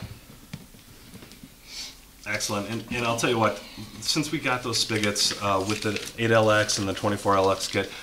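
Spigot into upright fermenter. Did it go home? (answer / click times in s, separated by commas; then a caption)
yes / 0.5 s. A plastic spigot is pushed straight through the slot on an upright plastic fermenter and clicks into place at 0.5 s, sitting secure. A second short sound follows at 1.3 s, then someone talks for the rest of the clip.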